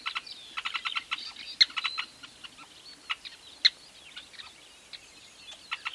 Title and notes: This is a recording I made at a large Weaver nest in Etosha NP, Namibia.